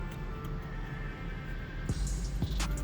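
A plastic wiring connector on a BRP 9-inch headlight is being pushed toward the Jeep's headlight harness plug during installation, with a steady background hum and a few soft handling knocks and rustles near the end. The part has not seated or clicked yet.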